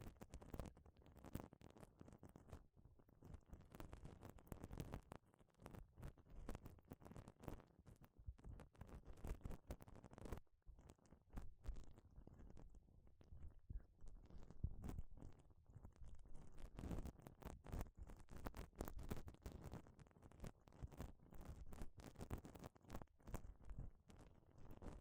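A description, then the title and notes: Gloves are handled, rubbed and flexed in a dense, irregular stream of rustles, creaks and soft snaps. The sound sits mostly low and muffled, with frequent sharp crackling bursts and a brief pause around ten seconds before the handling resumes. 5 different GLOVES Sounds. (No Talking).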